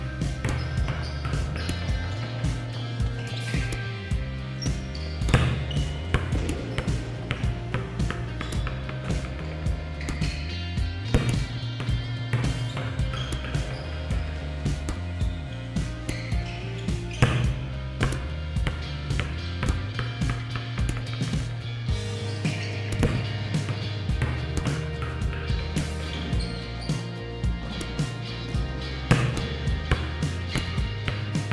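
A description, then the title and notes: Volleyballs are spiked and bounce in a steady stream of sharp slaps and thuds, several per second with no real pause. Louder, harder hits stand out around 5, 11, 17 and 29 seconds. A constant low rumble runs underneath, with faint voices mixed in. Volleyball spikes + bounce.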